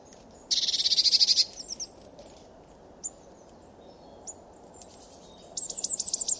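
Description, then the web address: Eurasian blue tit scolding: a long rapid churring rattle near one second, odd thin notes, then a second pulsed burst at the end. "cianscape birddata Deverinetal 2025 Bird Only Cy Ca"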